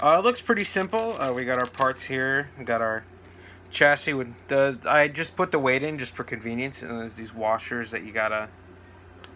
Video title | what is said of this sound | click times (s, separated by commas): Kit Guide: Athearn Roundhouse 50 Foot Modern Boxcar | oh they just snap into place okay that's cool | 9.2 s